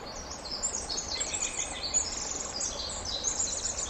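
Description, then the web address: Winter wren song: a rapid, high tinkling cascade of trilled notes running without pause, over a steady hiss of background noise. "ear jh-060319 wwren"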